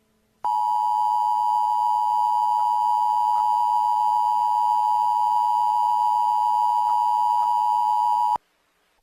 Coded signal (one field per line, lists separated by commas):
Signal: Emergency Alert System (SAME) tones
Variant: 853 and 960 Hz attention tone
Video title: An Mini EAS Scenario: CaseOh's Deadly Earthquake